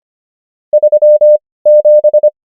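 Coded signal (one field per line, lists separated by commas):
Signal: Morse code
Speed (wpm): 25 wpm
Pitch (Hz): 600 Hz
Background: none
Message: 37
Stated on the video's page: Morse code practice of numbers at 25 wpm character speed and 18 wpm word speed, Farnsworth spacing.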